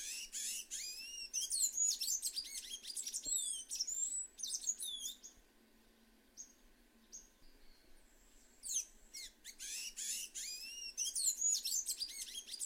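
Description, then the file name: Sayaca tanager song in two bursts of squeaky, high twittering, separated by a quieter pause with a few scattered thin notes. "Canto do sanhacu azul"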